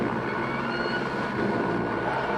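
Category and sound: vehicle, helicopter flying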